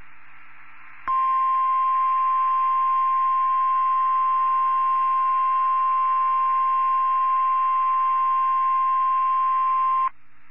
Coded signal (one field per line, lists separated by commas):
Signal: Emergency Alert System (SAME) tones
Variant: 1050 Hz attention tone